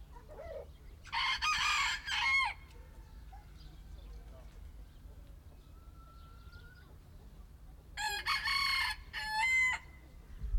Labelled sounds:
Red Junglefowl
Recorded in captivity
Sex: male
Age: adult
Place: Zoo Berlin, Berlin, DE
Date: 1995-02-04 12:50
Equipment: Marantz CP 430, Sennheiser ME 80, Kopie Uher Variocord 263
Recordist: Tembrock, Günter

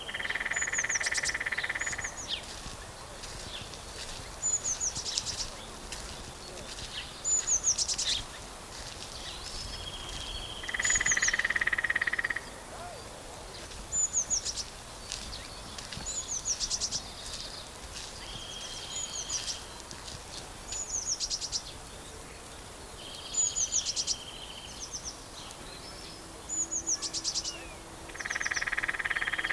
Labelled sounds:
Lesser Spotted Woodpecker drumming
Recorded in the wild
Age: adult
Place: Summt, Brandenburg, DE
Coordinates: 52.695, 13.3594
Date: 1985-04-05 12:42
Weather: sonnig, ca. 24°C
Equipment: Nagra SN, Kopie Uher 4000 Report Monitor
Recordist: Tembrock, Günter

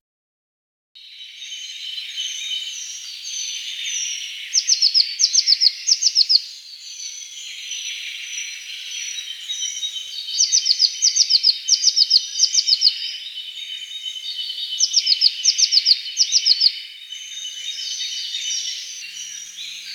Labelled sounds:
Eurasian Blue Tit song
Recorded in the wild
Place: Oberrotweil am Kaiserstuhl, Baden-Württemberg, DE
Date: 1985-05-11
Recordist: Schwarz, Dieter

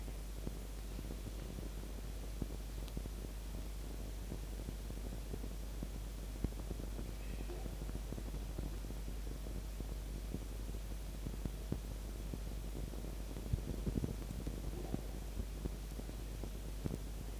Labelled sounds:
Red Fox
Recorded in captivity
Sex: female
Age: adult
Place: Zoologisches Institut der HUB, Berlin, DE
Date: 1952-01-25 19:15
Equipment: Elmetra
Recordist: Tembrock, Günter

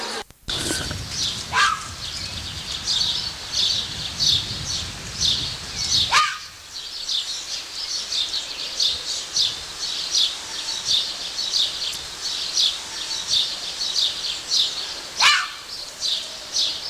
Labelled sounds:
Corsac Fox barking
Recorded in captivity
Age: adult
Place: Zoo Berlin, Berlin, DE
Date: 1984-05-11 14:18
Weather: overcast, 12°C, wind
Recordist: Tembrock, Günter

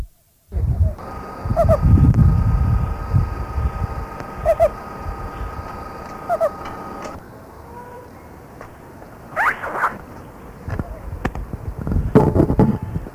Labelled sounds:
Meerkat call
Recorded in captivity
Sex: male
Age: adult
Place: Zoo Karlsruhe, Baden-Württemberg, DE
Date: 2000-09-26 16:00
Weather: fair, 16-17°C
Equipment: Nagra SN, Kopie Uher 4000 Report Monitor
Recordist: Tembrock, Günter

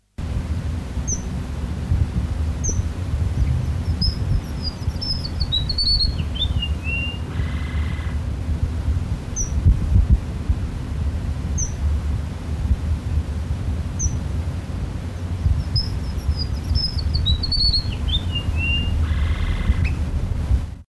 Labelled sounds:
Red Avadavat call
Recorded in captivity
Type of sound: call
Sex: male
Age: adult
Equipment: Halbspur, 9,5 cm/s
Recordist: Lütgens, Hans
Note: Rufe

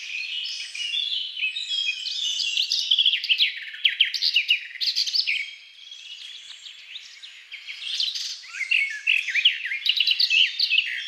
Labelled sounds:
Garden Warbler song
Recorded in the wild
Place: Waltershofen / Freiburg im Breisgau, Baden-Württemberg, DE
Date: 2002-05-19
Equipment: MiniDisc Sharp MT 20 H
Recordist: Schwarz, Dieter

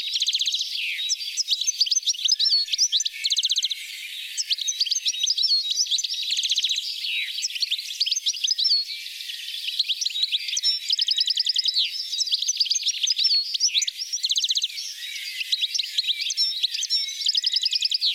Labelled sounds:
European Goldfinch song
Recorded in the wild
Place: Oberrotweil am Kaiserstuhl, Baden-Württemberg, DE
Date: 1985-05-26
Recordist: Schwarz, Dieter

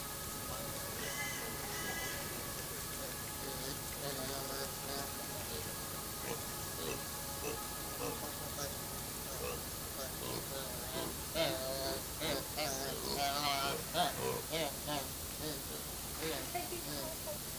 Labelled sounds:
Hamadryas Baboon
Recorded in captivity
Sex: group
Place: Zoo Berlin, Berlin, DE
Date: 2003-09-15 18:08
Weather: heiter, 21°C
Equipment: Fair Mate ST-1328 (Asahi Electronics, Japan), Sennheiser ME 80, Kopie Uher 4000 Report Monitor
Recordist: Tembrock, Günter
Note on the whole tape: Gruppe (zuerst: drei Weibchen und ein Männchen; dann ein Paar): diverse Laute. Starkes Grundrauschen

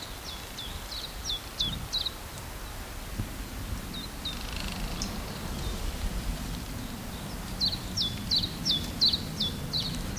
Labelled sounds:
Common Chiffchaff song
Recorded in the wild
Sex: male
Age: adult
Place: Buckow (Märkische Schweiz), Märkische Schweiz, Brandenburg, DE
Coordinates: 52.5536, 14.0725
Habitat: forest
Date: 1988-04-16 13:57
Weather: 22,3 -27,2°C
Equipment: Sony WM-D6C, Sony ECM-939 LT, Kopie 19 cm
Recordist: Tembrock, Günter

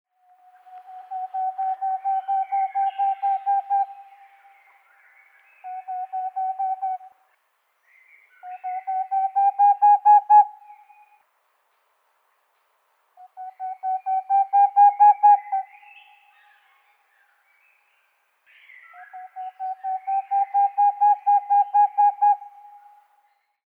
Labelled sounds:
Boreal Owl
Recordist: Frommolt, Karl-Heinz
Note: Mehrere Rufreihen Entfernung minimal 10 m Tier hatte Beobachter umflogen und direkt im Baum darüber gerufen

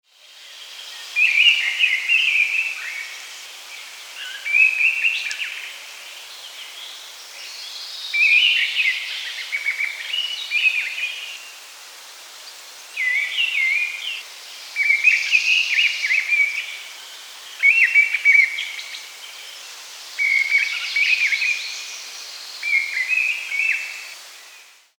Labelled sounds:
Mistle Thrush
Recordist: Tembrock, Günter
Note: Gesang

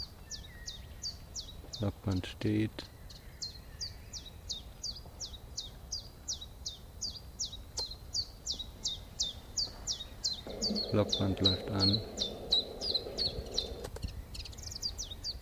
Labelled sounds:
Common Chiffchaff
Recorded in the wild
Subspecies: collybita
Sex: male
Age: adult
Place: im Schönbuch in der Nähe von Entringen bei Ammerbuch, Schönbuch, Baden-Württemberg, DE
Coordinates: 48.5956, 8.98278
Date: 1969-06-18 16:20
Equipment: Nagra III PH, MD 211, PES 26
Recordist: Schneider, Hans-Joachim
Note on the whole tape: In der Nähe des Sportplatzes von Entringen. Ein Männchen, sehr erregt durch beständiges Locken, bringt Rivalentriller, schnell gereihte Zwischenlaute teilweise auch im Flug. (Im mittleren Bandteil einige technichsche Störungen, sonst gute Tonqualität.) Sonagramm

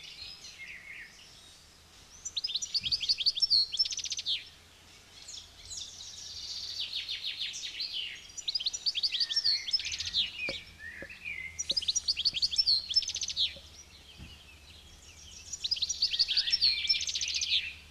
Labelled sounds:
European Goldfinch song
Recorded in the wild
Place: Ormont-Dessous, Kanton Waadt, CH
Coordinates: 45.3597, 7.19972
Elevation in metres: 1690
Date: 1986-05-22
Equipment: Uher 4000 Report, Sennheiser MKH 815 T
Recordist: Tretzel, Erwin

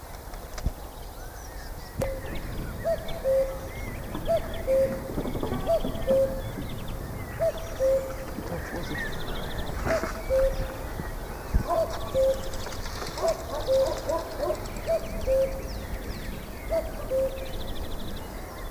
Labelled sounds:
Common Cuckoo
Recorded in the wild
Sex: male
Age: adult
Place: Lübars (Fließtal), Berlin, DE
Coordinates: 52.6167, 13.35
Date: 2000-06-11 17:44
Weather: bedeckt, 24°C
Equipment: Marantz CP 430, Sennheiser ME 80, Kopie Uher 4000 Report Monitor
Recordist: Tembrock, Günter

